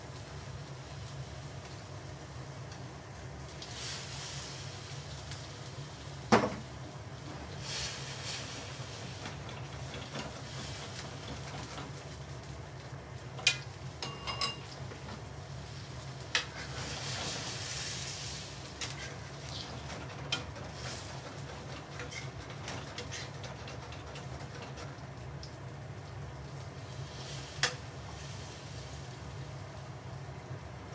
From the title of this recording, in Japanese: 煮物と包丁研ぎ